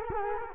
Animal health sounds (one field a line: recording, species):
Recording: mosquito wingbeat signal from an infrared sensor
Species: Culex quinquefasciatus